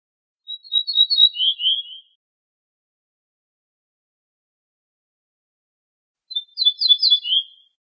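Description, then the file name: Ortolan bunting song: two matching phrases about six seconds apart, each a run of high ringing notes dropping to a lower slurred ending, with silence between. "suara kicauan ortolan"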